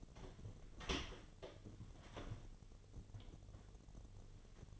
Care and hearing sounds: daily activity, microphone in the room; open door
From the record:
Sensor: 4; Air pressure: 1008.0 hPa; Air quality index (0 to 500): 182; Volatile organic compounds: 5 ppm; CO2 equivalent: 1816 ppm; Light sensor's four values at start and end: 23/74/28/27 and 23/72/27/26

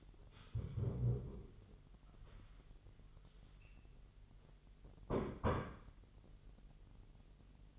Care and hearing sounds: daily activity, microphone in the room; stand up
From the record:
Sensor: 4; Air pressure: 999.3 hPa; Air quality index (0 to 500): 114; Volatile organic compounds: 2 ppm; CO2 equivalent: 1123 ppm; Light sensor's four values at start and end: 15/36/15/16 and 14/35/14/15

